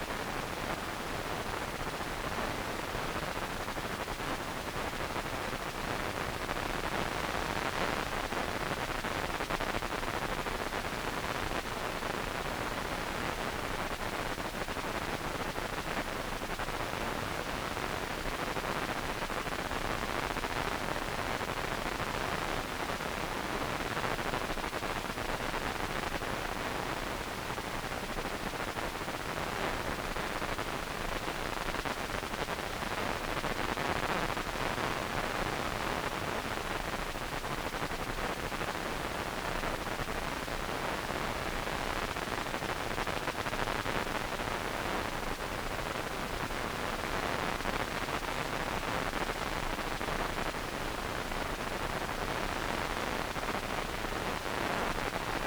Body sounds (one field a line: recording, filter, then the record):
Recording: brain microelectrode recording played as sound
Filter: wide band, above 20 Hz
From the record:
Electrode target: subthalamic nucleus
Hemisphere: right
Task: reaching with the left hand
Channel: 2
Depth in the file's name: 5.102 mm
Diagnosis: Parkinson's disease